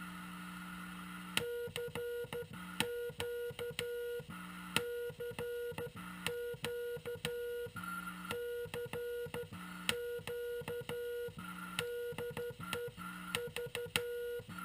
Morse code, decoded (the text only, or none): CQ CQ CQ DE V